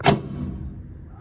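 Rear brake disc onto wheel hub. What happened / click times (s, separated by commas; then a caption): The heavy metal part knocked fully into its seat / 0.1 s. A rear brake disc, slid over the wheel studs, is pushed hard onto the wheel hub and seats with a single sharp knock at 0.1 s. A low, fading rumble follows, and the disc is confirmed fully seated.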